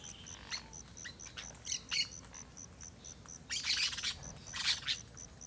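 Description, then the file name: Jandaya parakeet harsh screeching calls in short bursts, mostly in the second half, over a steady ticking insect pulse and faint background rustle. Jandayas feeding on guava in a guava tree at Terra Ronca, with cicadas and soft wind; AB stereo recording. "Jandaias verdadeiras comendo goiaba goiabeira em terra ronca, outros passaros, moscas, cigarras, vento suave, gravacao em ab"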